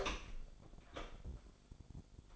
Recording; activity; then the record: daily activity, microphone in the room; open door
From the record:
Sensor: 5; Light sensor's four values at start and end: 56/158/61/61 and 56/158/61/61